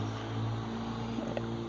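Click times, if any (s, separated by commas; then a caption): 1.4 s. On a 2011–2013 Jeep Grand Cherokee (WK2), the two plastic locking tabs on a fog light bulb are squeezed and the bulb is pulled straight out of the fog lamp housing over a steady low hum. A single short click is heard at 1.4 s as the tabs release, and the bulb comes free of the housing.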